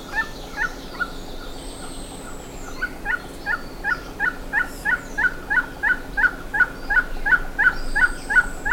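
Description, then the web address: Bird calls, brief sharp notes in a regular series of nearly three per second, rising in loudness, with thin high whistles faintly behind. "BIRD SABIOD 50 bird 2015"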